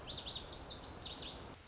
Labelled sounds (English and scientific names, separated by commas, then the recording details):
Lazuli Bunting (Passerina amoena)
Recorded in Sonoma County, California